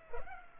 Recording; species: mosquito wingbeat signal from an infrared sensor; Culex pipiens